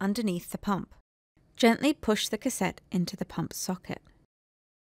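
Someone talks while an administration set cassette is handled at the socket of an Avoset infusion pump, with the set positioned underneath the pump, ready to be pushed in. Nothing has seated or clicked yet when the clip ends.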